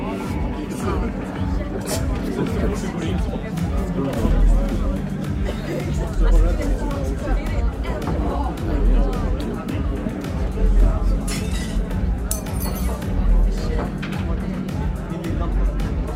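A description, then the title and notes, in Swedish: Busy bar sounds: many voices talking over one another in a steady, dense babble that never lets up. Low rumbling thumps sit underneath, and glasses or dishes clink now and then, with brighter clatter around the eleventh to thirteenth seconds. Baren. En timme sorlande barljud.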